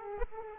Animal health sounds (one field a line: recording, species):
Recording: mosquito wingbeat signal from an infrared sensor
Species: Aedes aegypti